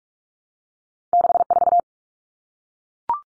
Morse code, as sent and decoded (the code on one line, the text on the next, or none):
-.... ....-
64